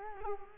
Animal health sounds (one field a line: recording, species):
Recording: mosquito wingbeat signal from an infrared sensor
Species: Culex quinquefasciatus